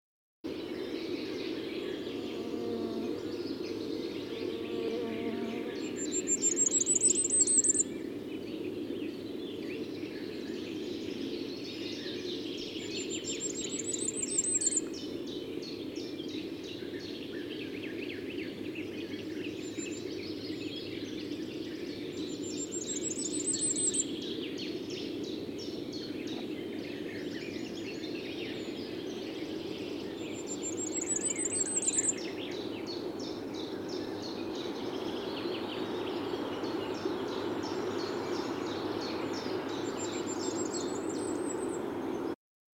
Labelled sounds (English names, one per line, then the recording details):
Common Firecrest song
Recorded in the wild
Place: Anklam, Mecklenburg-Vorpommern, DE
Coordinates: 53.812, 13.861
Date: 1980-05-26
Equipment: Nagra III BH, Sennheiser MD 21, parabola
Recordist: Schubert, Michael
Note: Gesang Sommergoldhähnchen